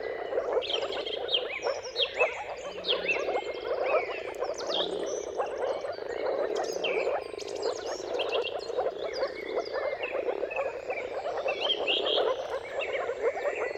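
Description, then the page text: Moor frog chorus, a steady mass of soft gurgling pulses, while several birds sing varied whistles and trills over it. Mating chorus of many moor frogs at sunrise at the turn of March and April, timing depending on the weather. "Jakub-Orzecki moor frogs. Dawn’s Chorus: Mating Calls of Marsh Frogs at Sunrise. Depending on the weather at the turn of March and April, you can witness an amazing spectacle of moor frogs"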